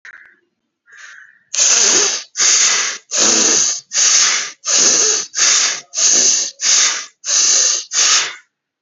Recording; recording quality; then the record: shallow breathing; excellent, no background noise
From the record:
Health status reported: healthy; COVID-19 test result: negative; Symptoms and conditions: cold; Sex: male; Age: 23 years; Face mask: not worn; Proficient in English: yes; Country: India